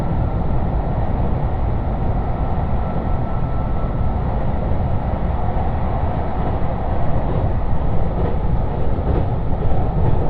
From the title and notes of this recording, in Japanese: 予讃線特急宇和海5号 松山→伊予大洲。伊予市から西は非電化区間なのでディーゼル特急となります。TSE2000系の特急宇和海5号は2両編成。